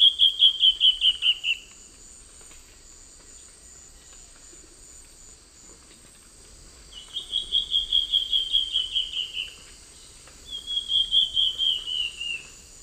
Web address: Natures Songs S America Eastern Lowlands. Myrmoborus myotherinus, duet